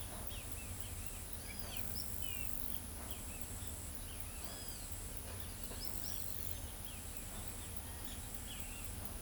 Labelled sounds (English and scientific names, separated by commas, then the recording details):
Great Kiskadee (Pitangus sulphuratus), Olive-grey Saltator (Saltator olivascens)
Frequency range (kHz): Great Kiskadee (Pitangus sulphuratus) 1.0-6.8 kHz; Olive-grey Saltator (Saltator olivascens) 1.8-5.8 kHz
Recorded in pastures near Pivijay, Magdalena, Colombia, on 1 June 2023 at 09:00
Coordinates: 10.456, -74.369
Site P6-G026